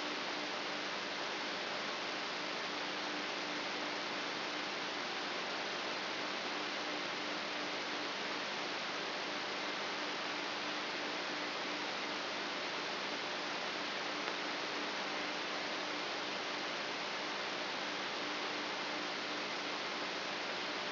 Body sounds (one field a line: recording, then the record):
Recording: brain microelectrode recording played as sound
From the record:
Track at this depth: inside the subthalamic nucleus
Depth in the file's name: 6.416 mm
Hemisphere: left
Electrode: 3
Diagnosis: Parkinson's disease